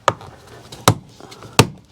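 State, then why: Seated. The triangular plastic trim piece at the top of a 2013–2018 Toyota RAV4 front door is lined up and pressed by its snaps into the door frame during a front door speaker upgrade. Three loud, sharp clip snaps ring out at 0.1, 0.9 and 1.6 seconds over quiet handling noise, and the piece is seated.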